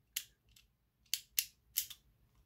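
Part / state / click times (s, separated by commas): spinning top layer into disc and driver / seated / 0.2 s, 1.1 s, 1.4 s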